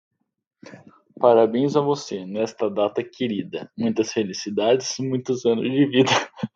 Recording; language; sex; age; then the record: short text; Brazilian Portuguese; male; 30 to 39 years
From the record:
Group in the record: control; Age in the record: 31 years